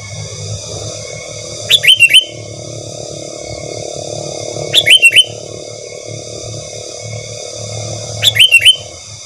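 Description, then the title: Sooty-headed bulbul singing a brief chortled phrase of four quick whistled notes, given three times a few seconds apart against a steady background drone. "Kutilang"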